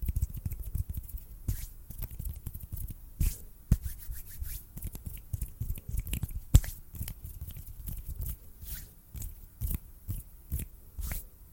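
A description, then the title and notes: Hand sounds with rubbing and soft snaps, arriving in an uneven rhythm that speeds up and slows without pattern. Each snap is a sharp, bright click over a steady low rumble of skin and movement. A loud crack stands out near six and a half seconds. ASMR HAND SOUNDS AND SNAPPING, FAST, SLOW AND UNPREDICTABLE TRIGGERS.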